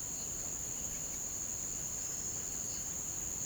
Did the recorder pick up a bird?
no